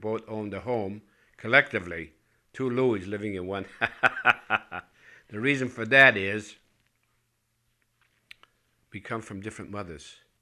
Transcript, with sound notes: We both owned a home collectively, two Louies living in one house. ( he laughs ) The reason for that is we come from different mothers,